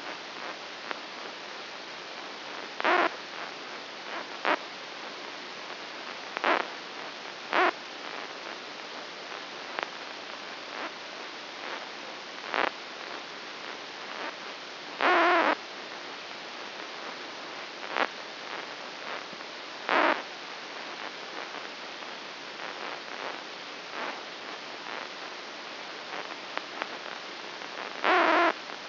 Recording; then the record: brain microelectrode recording played as sound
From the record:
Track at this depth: inside the subthalamic nucleus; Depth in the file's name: 2.404 mm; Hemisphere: right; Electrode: 2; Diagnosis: Parkinson's disease